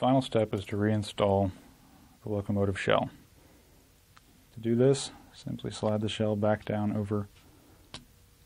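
The plastic shell of a Z-scale model locomotive is slid back down over the chassis and decoder while someone talks. In a pause, a sharp click is heard at 7.9 s as the shell snaps into place.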